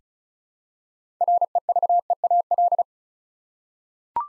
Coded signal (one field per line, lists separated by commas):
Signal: Morse code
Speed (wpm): 36 wpm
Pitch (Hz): 700 Hz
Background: none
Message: REVEAL